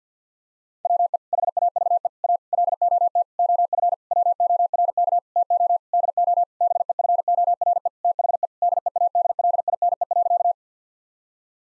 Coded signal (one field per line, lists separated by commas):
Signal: Morse code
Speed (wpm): 50 wpm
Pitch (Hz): 700 Hz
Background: none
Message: WE HAVE A LOT OF WORK TO DO BEFORE THE DEADLINE.